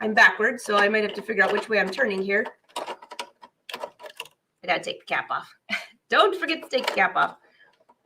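Someone talks while handling the auto blade holder for a Brother ScanNCut SDX330D cutting machine, taking the protective cap off the blade before pushing the holder into the machine's cutting carriage. Short handling taps and knocks are heard between about 2.8 and 4.2 seconds amid the talk. Nothing has seated or clicked into place yet.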